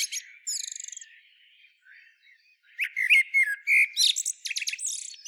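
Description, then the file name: Common blackbird with a quick rattled series of high ticks, a quiet gap, then loud squeaky twittering and chattering notes. "Turdus merula"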